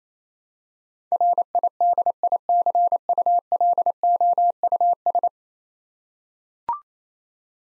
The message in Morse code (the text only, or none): RIDICULOUS